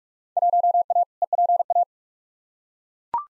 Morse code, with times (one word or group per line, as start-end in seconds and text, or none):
0.4-1.0 1A
1.2-1.8 EPA